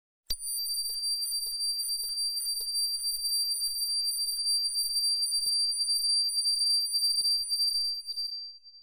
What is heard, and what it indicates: Tinnitus.